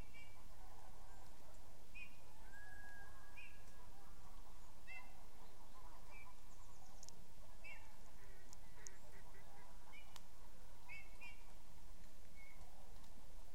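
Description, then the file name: Eurasian bullfinch: soft whistled call notes, one drawn out, others short and repeated, heard over a persistent low rumble. "Pyrrhula pyrrhula"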